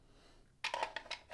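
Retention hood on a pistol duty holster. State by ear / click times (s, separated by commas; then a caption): seated / 0.7 s. The retention hood on an Alien Gear Rapid Force plastic duty holster is rotated down over the holstered pistol and locks with a sharp click at 0.6 s. A few fainter ticks follow around 0.7, 1.0 and 1.1 s, and a louder broadband rustle rises near the end. The hood is locked in place.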